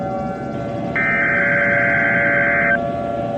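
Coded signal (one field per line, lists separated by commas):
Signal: Emergency Alert System (SAME) tones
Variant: header bursts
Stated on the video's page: Simulated EAS scenario using valid EAS tones.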